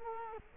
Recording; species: mosquito wingbeat signal from an infrared sensor; Culex quinquefasciatus